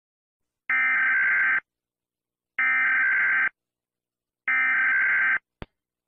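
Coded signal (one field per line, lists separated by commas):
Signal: Emergency Alert System (SAME) tones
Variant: header bursts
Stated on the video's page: Remastered Egypt emergency alert alarm.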